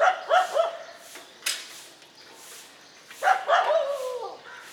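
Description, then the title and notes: Dog barking in two short bursts, the second ending in a falling whine, with a sharp knock between them. Several dogs barking together, a dog concert, in morning street ambience on Mission Street, MG Road Area, Puducherry, India. "WRMJ+487, Mission St, MG Road Area, Puducherry, 605001, Inde - Concert de chiens. Ambiance matinale sur Mission Street - Concert de chiens. Prise de sons : JF CAVRO"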